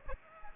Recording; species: mosquito wingbeat signal from an infrared sensor; Aedes aegypti